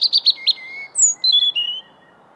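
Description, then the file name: European robin singing a rapid run of high tinkling notes, a lower drawn-out whistle, then a very high note dropping into a series of descending whistled tones. "Erithacus rubecula"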